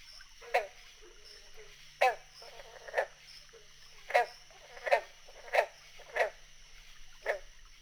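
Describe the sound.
Green frog calls: short, twangy, clipped notes repeated at uneven intervals of roughly one second, over a faint steady background hum.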